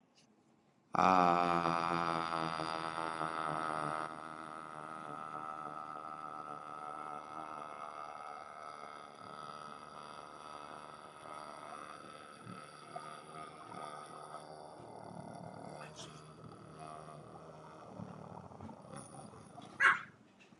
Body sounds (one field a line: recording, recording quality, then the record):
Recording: sustained vowel as in made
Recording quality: moderate, slight background noise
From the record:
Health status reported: healthy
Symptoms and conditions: none ticked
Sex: male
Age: 29 years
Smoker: not ticked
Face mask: not worn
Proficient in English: yes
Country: United States